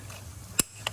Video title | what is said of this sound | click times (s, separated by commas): How To Replace Spark Plugs 2014-2017 Mazda 6 2.5 | You'll hear the clip click. You know it's locked in place. | 0.6 s